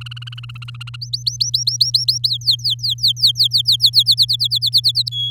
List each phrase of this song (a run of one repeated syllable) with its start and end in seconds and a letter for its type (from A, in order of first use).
0.01-0.96 A, 1.01-2.28 B, 2.29-4.03 C, 4.06-5.09 D, 5.12-5.30 E